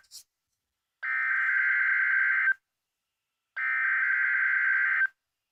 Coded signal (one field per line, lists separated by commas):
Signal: Emergency Alert System (SAME) tones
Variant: header bursts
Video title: EAS 60 - Special Marine Warning Mobile AL